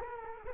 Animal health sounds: mosquito wingbeat signal from an infrared sensor; Culex quinquefasciatus

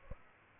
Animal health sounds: mosquito wingbeat signal from an infrared sensor; Aedes albopictus

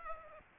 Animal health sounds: mosquito wingbeat signal from an infrared sensor; Aedes aegypti

